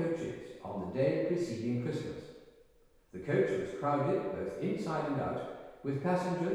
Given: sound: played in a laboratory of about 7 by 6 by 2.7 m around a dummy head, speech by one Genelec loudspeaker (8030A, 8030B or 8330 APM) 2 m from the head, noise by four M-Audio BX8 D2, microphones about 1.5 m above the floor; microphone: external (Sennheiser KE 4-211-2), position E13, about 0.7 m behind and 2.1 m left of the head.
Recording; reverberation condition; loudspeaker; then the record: male speech in English; high; 150 degrees to the left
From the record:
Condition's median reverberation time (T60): about 1300 ms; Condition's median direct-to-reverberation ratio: about -4.0 dB